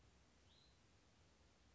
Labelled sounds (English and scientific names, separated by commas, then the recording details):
Hutton's Vireo (Vireo huttoni)
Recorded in Sonoma County, California